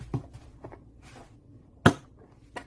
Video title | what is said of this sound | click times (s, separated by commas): 멀티~멀티 레인지 찜기~너~누구니? 딱! 내맘에 들어~타파웨어 영재야 (43회) 010-4590-1108 | 소리가 났죠이 딱 소리가 나면은 이게 잠긴 거예요 | 1.9 s